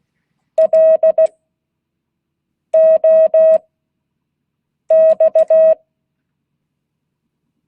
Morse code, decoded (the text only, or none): LOX